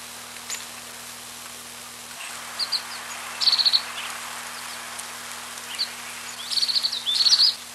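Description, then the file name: Azure tit with short high stuttering trills, scattered at first and then clustering into several quick buzzy bursts near the end, over a steady hiss. Recorded 30 April 1993. "Pcyanus 1 30 04 93"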